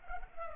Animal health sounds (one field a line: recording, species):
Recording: mosquito wingbeat signal from an infrared sensor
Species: Culex pipiens